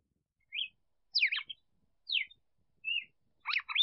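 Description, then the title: Red-cowled cardinal song: a series of short, clear whistled phrases, some sweeping downward and some rising, spaced roughly every half second to second, with near silence between them. Female bird singing. "Canto Galo Campina Fêmea"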